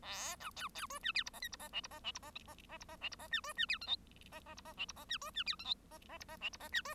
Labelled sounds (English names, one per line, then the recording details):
Bengalese Finch song
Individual Bird1